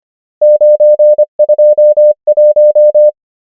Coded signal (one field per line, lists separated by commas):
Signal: Morse code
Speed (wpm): 25 wpm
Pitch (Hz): 600 Hz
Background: none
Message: 9 2 1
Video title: morse code practice | 25wpm | 24fw | numbers | ENGLISH